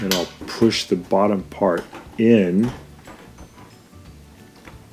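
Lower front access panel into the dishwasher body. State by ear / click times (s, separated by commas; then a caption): seated / 4.7 s. Someone talks while the lower part of a Bosch dishwasher's front access panel is pushed in, after its upper edge has been hooked into the control panel. One sharp, short click sounds at 4.7 s as the panel seats into position on the dishwasher body.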